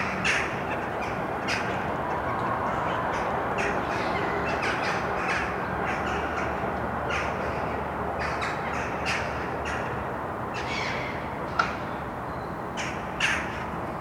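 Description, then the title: Birds calling with coarse, scratchy squawks scattered throughout, roughly one every second or two, against a constant low hum. Birds at Mariahoeve, Den Haag, Netherlands; Sony PCM D50. "Mariahoeve, Den Haag, Nederland - Vogels mariahieve"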